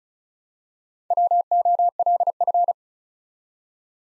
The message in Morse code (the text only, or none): WOLF